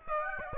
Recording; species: mosquito wingbeat signal from an infrared sensor; Aedes aegypti